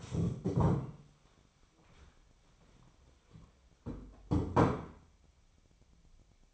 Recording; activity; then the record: daily activity, microphone in the room; stand up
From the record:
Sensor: 1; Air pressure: 1015.2 hPa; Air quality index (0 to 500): 198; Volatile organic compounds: 23 ppm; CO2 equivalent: 2773 ppm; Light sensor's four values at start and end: 13/31/13/14 and 13/31/13/14